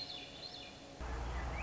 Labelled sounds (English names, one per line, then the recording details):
Swainson's Thrush
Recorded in Sonoma County, California